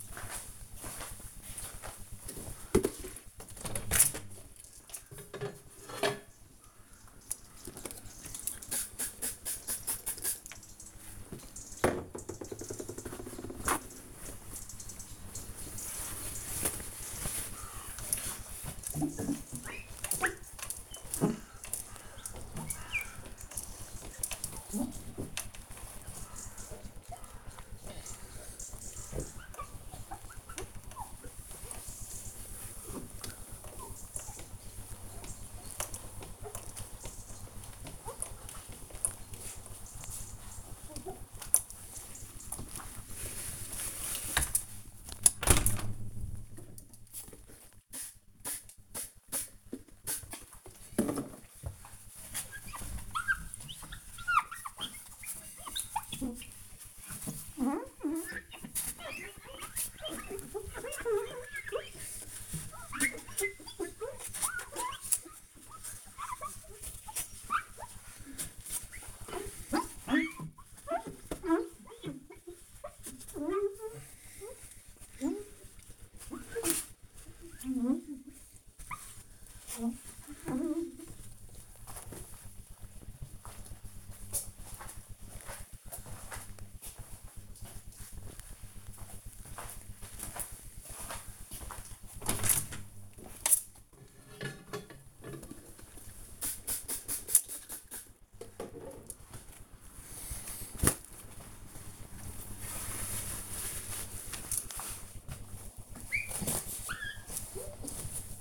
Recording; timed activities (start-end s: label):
household activities, microphone on the right wrist
1.50-81.10 s: window cleaning
92.19-108.41 s: window cleaning